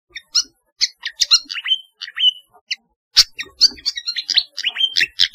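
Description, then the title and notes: Flycatcher song, a busy mix of high chirps, short slurred whistles and quick twitters, with a brief pause before a denser burst of notes near the end. "Kicau Burung Sikatan"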